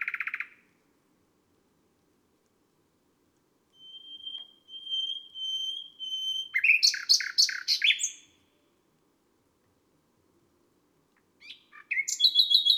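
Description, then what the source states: Nightingale song: a short buzzy note, a long steady whistle, then a dense rapid burst of chirps, silence, and the start of a new phrase. Nightingale recorded on a May night; listed among garden birds.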